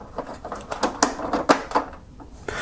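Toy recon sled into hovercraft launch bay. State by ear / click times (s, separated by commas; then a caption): seated / 1.0 s. A plastic toy recon sled from the 1984 Killer Whale hovercraft is pushed straight into the hovercraft's launch bay between its two side walls. Light plastic scrapes and taps build up until it latches with a sharp click at 1.0 s, setting the launch button to pop up ready to be pushed again. More small plastic knocks follow, and someone talks.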